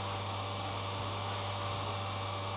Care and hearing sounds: daily activity, microphone in the room; vacuum cleaning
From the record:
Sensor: 1

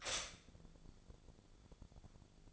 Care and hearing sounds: daily activity, microphone in the room; stop toaster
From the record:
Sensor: 5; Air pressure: 1000.3 hPa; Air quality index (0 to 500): 123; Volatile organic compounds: 1 ppm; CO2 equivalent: 973 ppm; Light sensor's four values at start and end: 86/202/86/94 and 86/202/86/94

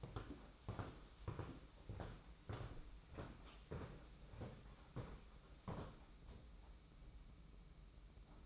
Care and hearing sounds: daily activity, microphone in the room; walk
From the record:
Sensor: 1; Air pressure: 991.6 hPa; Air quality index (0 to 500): 169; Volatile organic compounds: 1000 ppm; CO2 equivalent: 6360 ppm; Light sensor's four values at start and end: 29/101/38/39 and 30/102/40/40

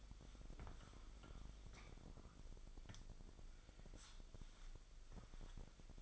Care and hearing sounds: daily activity, microphone in the room; wipe stove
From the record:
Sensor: 5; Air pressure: 1001.7 hPa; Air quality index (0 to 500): 178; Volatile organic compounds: 11 ppm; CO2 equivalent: 2281 ppm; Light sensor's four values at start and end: 24/84/31/33 and 23/76/29/30

